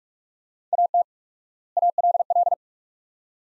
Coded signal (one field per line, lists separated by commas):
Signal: Morse code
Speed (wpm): 47 wpm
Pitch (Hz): 700 Hz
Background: none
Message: AT ALL